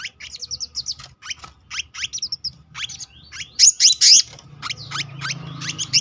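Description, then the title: Selendang biru song: a rapid stream of sharp high chirps and downslurred whistles, loudest near the middle, over a low steady hum. Continuous rolling song with fill-in phrases, described in Indonesian as gacor ngeroll isian. "BURUNG SELENDANG BIRU GACOR NGEROLL ISIAN"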